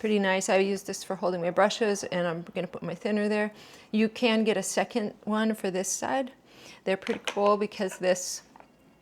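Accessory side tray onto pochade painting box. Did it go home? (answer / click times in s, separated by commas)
no / none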